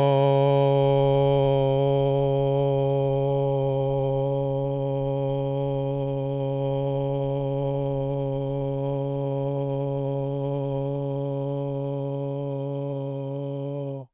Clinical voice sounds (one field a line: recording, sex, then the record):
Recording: sustained vowel /o/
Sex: male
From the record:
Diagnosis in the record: Parkinson's disease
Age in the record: 70 years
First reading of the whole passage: 68 s, 7.6 characters per second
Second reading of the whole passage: 61 s, 8.4 characters per second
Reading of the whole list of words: 64 s, 4.4 characters per second